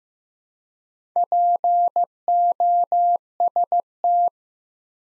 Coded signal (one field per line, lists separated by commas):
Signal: Morse code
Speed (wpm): 15 wpm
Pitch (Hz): 700 Hz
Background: none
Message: POST